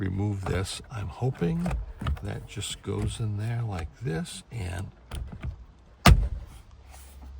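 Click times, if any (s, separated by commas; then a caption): 6.1 s. Someone talks while pressing the airbag/horn module of a 2015 Ford F150 back into the steering wheel during a clockspring replacement, where spring locking pins hold it in place. A sharp, loud snap at 6.1 s marks the module seating into the locking pins, followed by a short quiet tail.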